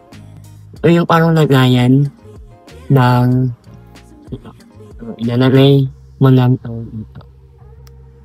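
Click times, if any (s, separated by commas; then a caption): 7.9 s. A small handheld gimbal pocket camera, a DJI Osmo Pocket 3, is placed into its protective holder or case and pushed in while someone talks. One sharp, short click is heard at 7.9 s as the camera seats properly in the case.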